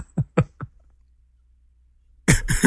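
An adult's brief coughing fit: three short, sharp cough bursts in quick succession, a pause, then two louder, harsh coughs.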